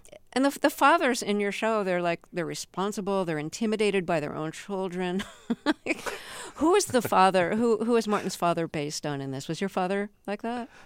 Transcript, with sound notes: And the fathers in your show - they're, like - they're responsible. They're intimidated by their own children (laughter). Who is the father - who is Martin's father based on, in this? Was your father like that?